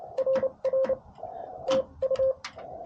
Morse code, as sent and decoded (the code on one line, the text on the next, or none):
.-. .-. / - ..-
RR TU